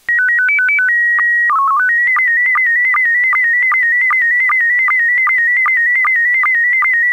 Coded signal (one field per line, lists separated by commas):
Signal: SSTV (slow-scan television)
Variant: PD 50